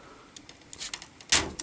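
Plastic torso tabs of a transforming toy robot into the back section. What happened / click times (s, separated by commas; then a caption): The plastic tabs snapped into place / 1.3 s. The plastic torso section of a Transformers Age of Extinction First Edition Leader Optimus Prime toy, mounted on a double hinge, is folded back so its two tabs clip into the robot's back. Light plastic ticks and rustling lead up to a loud, sharp snap at 1.3 s, followed by one more small tick. The tabs seat into the back.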